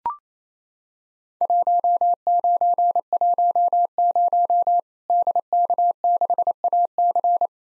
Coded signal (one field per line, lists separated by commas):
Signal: Morse code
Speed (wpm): 28 wpm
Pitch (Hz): 700 Hz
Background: none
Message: 1910 DK6AC